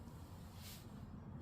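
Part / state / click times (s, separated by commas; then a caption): headlight bulb into headlight socket/housing / not seated / none. A new headlight bulb with a red strip is being handled at its socket in the headlight housing of a Honda Odyssey minivan. There is a steady low rumble with a soft hiss that briefly brightens around 0.6–0.8 s. The bulb has not seated or clicked into place yet.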